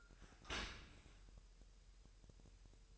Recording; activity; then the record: daily activity, microphone in the room; open dishwasher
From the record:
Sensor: 2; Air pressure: 1000.5 hPa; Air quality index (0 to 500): 246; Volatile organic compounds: 91 ppm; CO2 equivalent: 3691 ppm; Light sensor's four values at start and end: 9/22/9/9 and 9/22/9/9